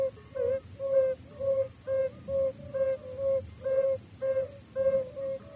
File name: Bombina variegata